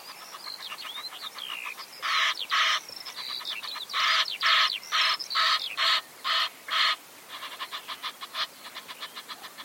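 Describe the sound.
Bird calling with loud, rasping notes in uneven bursts mixed with thin, sliding squeaks, ending in a fast train of softer, clipped calls.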